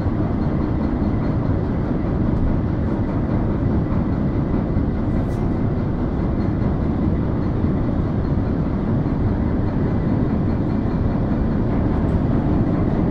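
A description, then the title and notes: A ferry crossing heard from on board, filled with a dense, steady low rumble of engines and machinery that never lets up. The loudness holds level for the whole stretch, with a faint brighter hiss above and a couple of brief higher clanks around five and twelve seconds. Field recording of the Sandbanks Ferry, sailing from Shell Bay to Sandbanks in Dorset. Gear: Sony PCM-M10 built-in mics.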